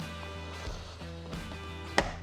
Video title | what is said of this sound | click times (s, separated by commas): How to Change/Replace the Cabin Air Filter in Your Rivian R1T & R1S - A Step-by-Step walkthrough. | Snap, snap, snap. | 2.0 s